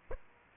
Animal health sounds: mosquito wingbeat signal from an infrared sensor; Aedes aegypti

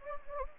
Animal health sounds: mosquito wingbeat signal from an infrared sensor; Anopheles gambiae

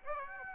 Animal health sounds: mosquito wingbeat signal from an infrared sensor; Aedes aegypti

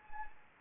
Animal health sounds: mosquito wingbeat signal from an infrared sensor; Anopheles gambiae

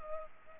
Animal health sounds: mosquito wingbeat signal from an infrared sensor; Culex pipiens

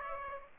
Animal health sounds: mosquito wingbeat signal from an infrared sensor; Aedes aegypti

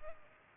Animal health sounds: mosquito wingbeat signal from an infrared sensor; Culex pipiens

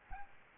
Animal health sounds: mosquito wingbeat signal from an infrared sensor; Aedes albopictus

